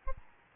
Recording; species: mosquito wingbeat signal from an infrared sensor; Aedes albopictus